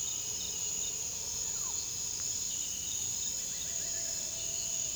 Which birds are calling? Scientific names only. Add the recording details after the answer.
Psarocolius angustifrons, unidentified bird. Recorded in pastures near Puerto Asís, Putumayo, Colombia, on 20 February 2024 at 06:00. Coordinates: 0.486, -76.323. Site G6462